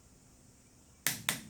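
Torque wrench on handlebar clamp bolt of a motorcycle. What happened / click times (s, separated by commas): Torque wrench clicks at setting / 1.1 s, 1.3 s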